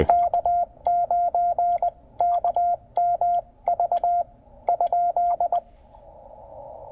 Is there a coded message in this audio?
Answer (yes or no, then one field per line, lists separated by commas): yes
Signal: Morse code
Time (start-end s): 0.1-5.6 s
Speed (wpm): 19 wpm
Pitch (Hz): 700 Hz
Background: none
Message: K9KMV ?